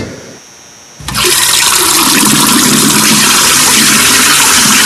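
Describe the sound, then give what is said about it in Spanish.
After a brief near-silence, water suddenly bursts out of a tap that cannot be shut off and keeps gushing, overflowing a basin, in a loud, steady, hissing rush until the end, with no voices. “Mira cuánta agua se está derramando y no has podido cerrar esa llave”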